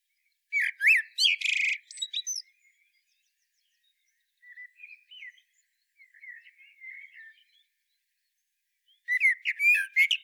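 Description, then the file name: Common blackbird singing: a burst of squeaky high notes, soft low warbling in the middle, then renewed sharp twittering. "Turdus merula"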